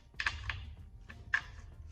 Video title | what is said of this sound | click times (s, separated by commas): Porting and shimming my LS oil pump so it can actually make some oil pressure and not blow up | Click, click. | 1.3 s